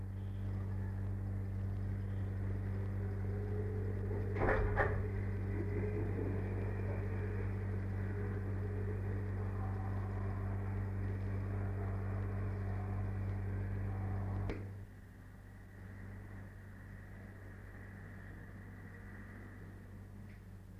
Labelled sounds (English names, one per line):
Arctic Fox